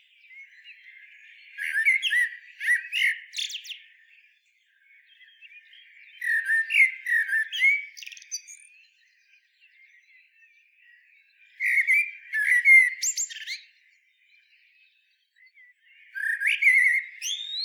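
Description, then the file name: Common blackbird singing short warbled phrases of sweeping and twittering notes, each burst lasting about two seconds and returning roughly every five seconds, with quiet gaps between. "Turdus merula"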